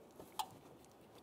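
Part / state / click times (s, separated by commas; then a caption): ABS wheel speed sensor wire connector into the vehicle harness connector / seated / 0.4 s. A new front ABS wheel speed sensor's plastic electrical connector on a 2001-2005 Ford Explorer Sport Trac is slid onto its mating vehicle harness connector. It latches with a sharp click at 0.4 s, followed by fainter ticks near 0.8 s and 1.2 s. The connector is seated, then tugged to check that it is secure.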